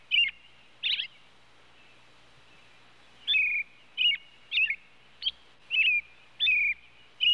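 Robin chirping, a pair of notes, a two-second pause, then a run of clipped, slightly falling chirps.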